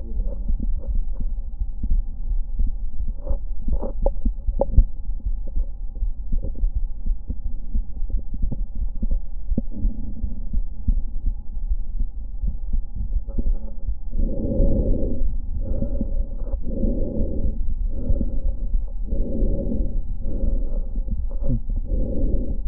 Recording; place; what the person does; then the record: lung sounds by stethoscope; left anterior apical chest; quiet breathing, then deep breathing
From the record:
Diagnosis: none (healthy); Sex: male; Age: 29 years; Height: 180 cm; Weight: 100 kg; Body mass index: 30.9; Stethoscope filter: diaphragm mode